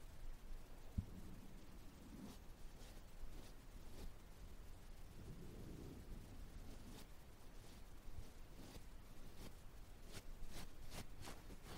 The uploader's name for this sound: ear cleaning, ear massage